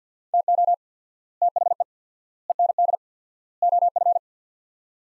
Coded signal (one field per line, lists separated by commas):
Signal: Morse code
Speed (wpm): 50 wpm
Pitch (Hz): 700 Hz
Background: none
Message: TO THE END OF